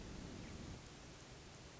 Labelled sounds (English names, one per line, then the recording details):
Hermit Thrush
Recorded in Sonoma County, California